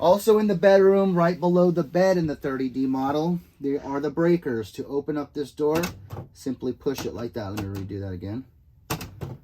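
Someone talks while pressing the push-to-open latch on the small breaker compartment door below the bed in the bedroom of a 2022 Thor Four Winds 30D RV. A sharp tap-click sounds at 8.9 seconds, followed by a fainter click, and the door releases to reveal the breakers.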